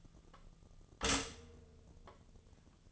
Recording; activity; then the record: daily activity, microphone in the room; stop toaster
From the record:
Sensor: 4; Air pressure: 1010.1 hPa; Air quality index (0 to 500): 180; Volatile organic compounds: 5 ppm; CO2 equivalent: 1824 ppm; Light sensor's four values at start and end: 21/65/25/25 and 22/67/26/26